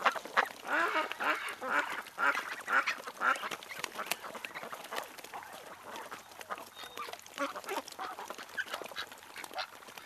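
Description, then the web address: Birds calling in a busy, overlapping chorus of harsh notes, with scattered clicks and chatter throughout. "ptici ptici"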